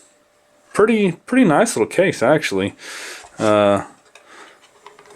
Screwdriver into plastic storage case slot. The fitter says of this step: you know they they stick in there but no little positive click there let you know it's in